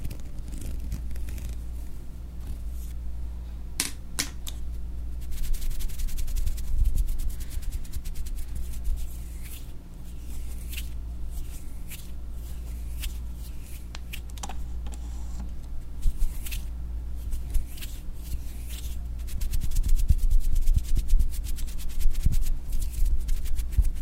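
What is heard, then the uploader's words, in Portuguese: Objects rubbed and scraped over a microphone, with a steady low hum beneath irregular clicks and scratches that grow louder near the end. Arrepiando sua nuca passando coisas no mic ASMR.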